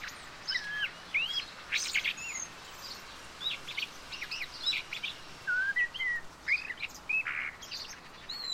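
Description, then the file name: Common blackbird: short clear whistled notes sliding around the mid range, given in scattered bursts among chirps and a steady background hiss. "Turdus merula"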